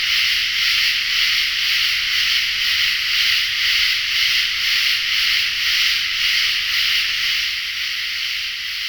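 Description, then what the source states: Katydid song: steady high raspy buzz pulsing about twice a second, like a rhythmic scraping, fading slightly near the end. Probably two katydids, recorded in a forest in Tennessee in late summer.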